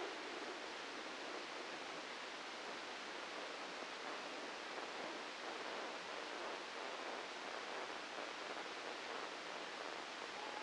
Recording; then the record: brain microelectrode recording played as sound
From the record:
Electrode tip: inside the subthalamic nucleus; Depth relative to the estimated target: -4 mm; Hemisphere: left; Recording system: NeuroSet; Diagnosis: Parkinson's disease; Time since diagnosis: 9 years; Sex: female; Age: 51 years